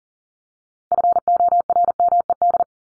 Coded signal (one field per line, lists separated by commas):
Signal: Morse code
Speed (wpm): 40 wpm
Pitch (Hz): 700 Hz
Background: none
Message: FORMED